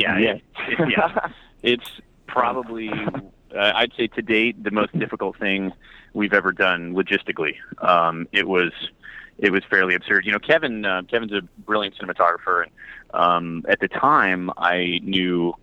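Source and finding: Adult male speaker. Ordinary speech.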